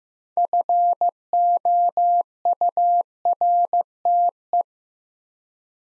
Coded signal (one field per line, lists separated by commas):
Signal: Morse code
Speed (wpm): 15 wpm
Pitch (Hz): 700 Hz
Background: none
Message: FOURTE